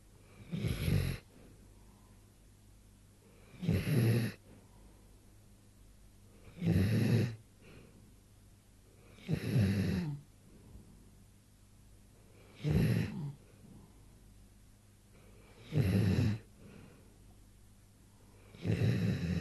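Rhythmic low snoring, about 20 snores a minute, each a rough rumbling burst between quiet pauses.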